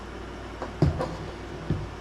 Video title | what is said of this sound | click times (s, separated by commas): WE GOT A DRONE FOR MAGNET FISHING! #magnetjunkie #ruko #drone | It holds the phone really well, snaps right in there, and you're good to go. | 0.6 s, 0.8 s